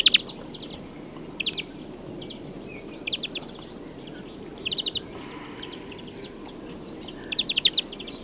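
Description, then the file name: European greenfinch giving quick bursts of three or four dry twittering notes, repeated at intervals, above a low steady background hiss. "Chloris chloris"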